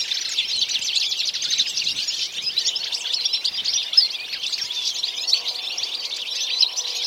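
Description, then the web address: Birds chirping, a busy unbroken wash of sharp, high twittering notes, rising and falling slightly in loudness throughout. "Deverinetal"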